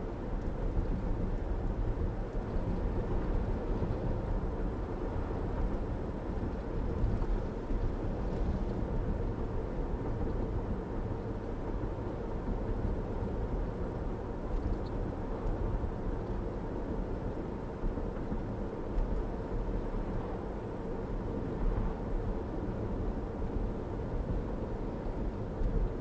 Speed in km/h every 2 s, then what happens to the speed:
71, 72, 72, 71, 69, 68, 68, 68, 68, 64, 64, 63, 63.
0-26 slows to 63.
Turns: none.